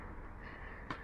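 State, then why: Seated. A crimped black power contact on an E-BikeKit power cable, which slid back after a pull test, is pressed again into its plastic Anderson Powerpole connector housing over a steady low background hum. A short, sharp click sounds at 0.9 s as the contact seats home and is very secure.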